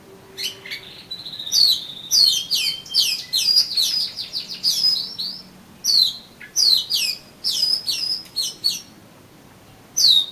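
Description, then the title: Oriental magpie-robin song: dense bursts of chirps and sliding whistles in quick succession, then evenly spaced downslurred notes, with a lone note to close. "Kacer Kacer"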